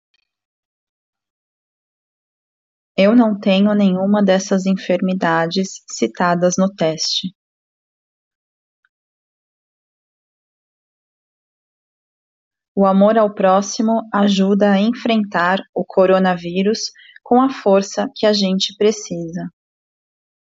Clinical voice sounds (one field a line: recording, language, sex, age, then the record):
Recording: spoken sentence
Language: Brazilian Portuguese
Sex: female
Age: 40 to 49 years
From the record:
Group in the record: control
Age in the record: 44 years